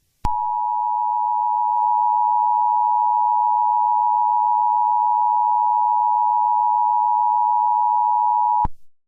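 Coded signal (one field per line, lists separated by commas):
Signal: Emergency Alert System (SAME) tones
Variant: 853 and 960 Hz attention tone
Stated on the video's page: Fictional EAS scenario; simulated alert tones, not a real activation.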